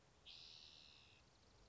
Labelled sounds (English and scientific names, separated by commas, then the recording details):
Spotted Towhee (Pipilo maculatus)
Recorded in Sonoma County, California